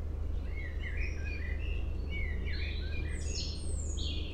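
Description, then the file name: Common blackbird song: a mellow warbled phrase that runs into a higher, squeaky twittering ending, over constant low background noise. "Turdus merula"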